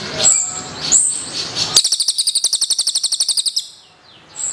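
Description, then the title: Bird calls: short high whistled notes, then a fast even trill of buzzy pulses lasting about two seconds, ending with another high whistle. "SUARA BURUNG"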